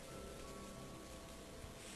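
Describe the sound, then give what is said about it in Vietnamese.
A steady, dense hiss of heavy rain pours down outdoors without pause, growing ever heavier, a broad, even wash of sound with no voices or other distinct events standing out. “Ở bên ngoài trời mưa càng lúc càng nặng hạt hơn.”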